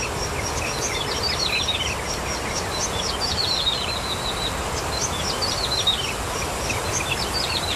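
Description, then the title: Bar-winged prinia song of repeated high, descending note runs at irregular intervals over continuous background hiss. "Suara Burung Ciblek"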